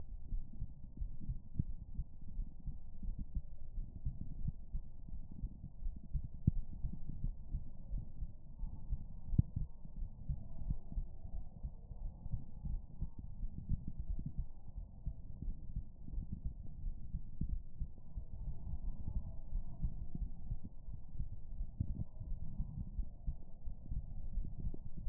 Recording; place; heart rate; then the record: heart sounds by stethoscope; pulmonary valve (PV); 89 bpm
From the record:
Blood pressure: 112/71 mmHg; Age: 66 years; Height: 160 cm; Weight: 53 kg